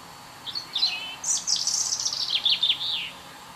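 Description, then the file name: European robin song: one phrase of high whistles and fast warbling notes lasting a few seconds; light background hiss. "Erithacus rubecula"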